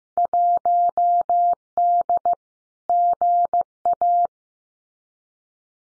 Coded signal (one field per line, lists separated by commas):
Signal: Morse code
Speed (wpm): 15 wpm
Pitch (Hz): 700 Hz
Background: none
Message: 1D GA